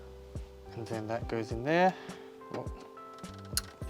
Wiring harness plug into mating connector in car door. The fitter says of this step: hear that click on this side you just got to match it all up